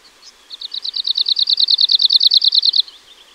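Arctic warbler song: a rapid, even trill of many dry notes lasting just over two seconds, with faint background hiss.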